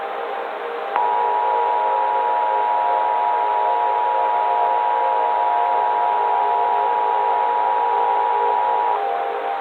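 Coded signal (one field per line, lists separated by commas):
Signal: Emergency Alert System (SAME) tones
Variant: 853 and 960 Hz attention tone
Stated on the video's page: Fictional EAS scenario, a horror recreation made with software, containing valid EAS tones.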